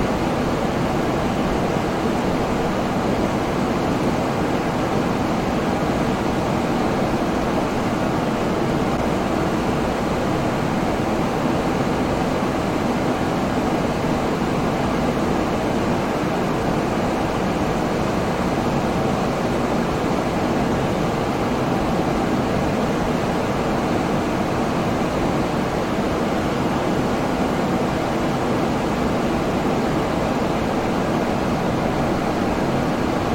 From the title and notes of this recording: Fan Sound Fall Asleep and Remain Sleeping White Noise. Fan white noise.